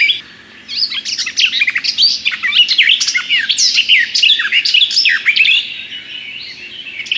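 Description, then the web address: Garden warbler song: after a short quiet start, a fast, bubbling stream of mixed warbled notes that carries on to the end. "Przyroda Ptaki Gajówka"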